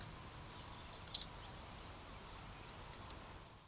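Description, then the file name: European robin calls: a few thin, very high, sharp notes in short clusters with quiet gaps between, over faint steady background noise. "Erithacus rubecula"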